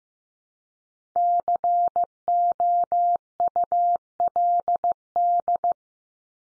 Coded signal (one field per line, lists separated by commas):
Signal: Morse code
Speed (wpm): 15 wpm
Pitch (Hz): 700 Hz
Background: none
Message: COULD